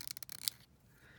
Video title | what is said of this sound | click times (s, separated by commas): NP205 Transfer Case | snaps right into place. | 0.5 s